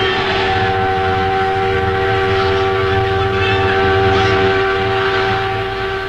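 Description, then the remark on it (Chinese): A freight train bound for Nanjing rumbles steadily while its horn holds a loud, sustained chord for the full six seconds, the tone staying even with no voices present. “同学们，客车不让我们上，我们乘坐这辆货车南下示威，同学们上车了。”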